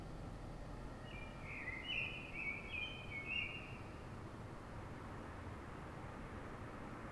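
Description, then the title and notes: Common blackbird: one rich, fluted phrase with twittery ending notes, over a low, constant background rumble. Urban blackbird singing in Fuenlabrada, Madrid, Spain; city blackbirds sing before dawn so other blackbirds hear them before human noise begins; called a reclamo; recorded with Zoom H1n. "Pl. de Francisco Escolar, 10, 28944 Fuenlabrada, Madrid, España - Sonido Reclamo de Mirlo. Mirlo cantando, es un sonido de reclamo"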